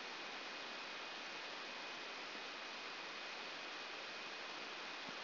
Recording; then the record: brain microelectrode recording played as sound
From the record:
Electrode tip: outside the subthalamic nucleus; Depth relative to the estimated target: -4 mm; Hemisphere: right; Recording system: AlphaMap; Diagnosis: Parkinson's disease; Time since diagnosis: 15 years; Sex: female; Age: 68 years